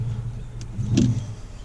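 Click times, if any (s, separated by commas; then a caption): none. A steel snap ring is worked into the bearing bore of a side-by-side wheel hub, heard as two short, sharp metallic ticks at about 0.6 and 1.0 seconds over a steady low hum. The ring is handled but has not seated in its groove yet.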